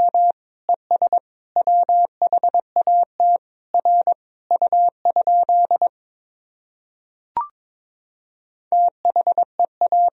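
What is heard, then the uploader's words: Morse code beeps at one steady mid-pitched tone, short dots and longer dashes grouped into letters with brief gaps between them. The keying runs for about six seconds, stops, and a single faint click-like blip sounds near seven seconds before the beeps resume near nine seconds. These sentences are composed of the Top 100 words and Morse code abbreviations. First, the words and abbreviations are sent in Morse code. 22wpm.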